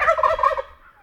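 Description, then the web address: Wild turkey giving a single short gobble, a quick throaty rattle that fades out within a second. "Songs of Birds of North America Know Your Bird Sounds Common Western Species. Wild Turkey"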